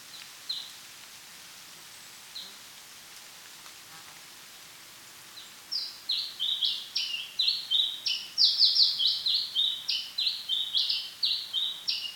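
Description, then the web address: House sparrow chirping: a few separate chirps at first, then from midway a steady run of bright, clipped chirps about three per second. Song, recorded 13 July 2007 at 09:39. "hlehto. 20070713 0939 varpai laulu"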